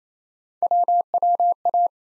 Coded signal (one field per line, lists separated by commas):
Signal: Morse code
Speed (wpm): 27 wpm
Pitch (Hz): 700 Hz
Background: none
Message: WWA